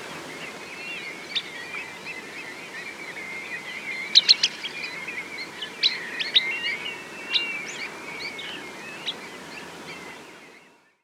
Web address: Sanderling